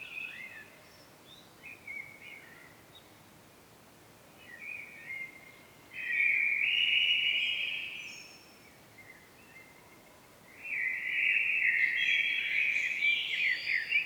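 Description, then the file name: Common blackbird giving two extended twittering, warbled phrases separated by a short pause, with faint scattered notes earlier and steady light hiss. "Turdus merula"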